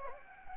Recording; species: mosquito wingbeat signal from an infrared sensor; Anopheles gambiae